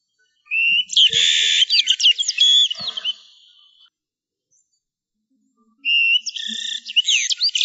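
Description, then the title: Bird giving rapid, high chirps and sweeping whistled notes for about three seconds, falling quiet, then starting another busy burst of chirping. "LuckyPassaros CompletosSama"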